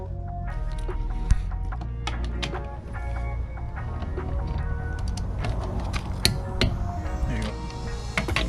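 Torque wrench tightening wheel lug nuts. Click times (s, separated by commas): 2.1 s, 2.4 s, 6.2 s, 6.6 s, 8.2 s, 8.4 s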